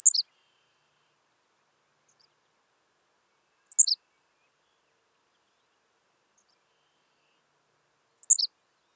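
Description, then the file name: Henslow's sparrow repeating its terse, high hiccup song three times, about every four seconds, in otherwise silent surroundings. "Ammodramus henslowii - Henslow's Sparrow"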